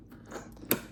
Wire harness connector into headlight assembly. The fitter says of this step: Snap it in. You'll hear it click.